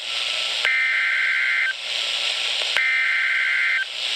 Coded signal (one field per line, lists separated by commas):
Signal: Emergency Alert System (SAME) tones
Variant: header bursts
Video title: Severe Thunderstorm Warning #4 - 11/11/15 (EAS #1,027)